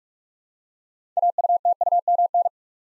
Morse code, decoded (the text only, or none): AUTUMN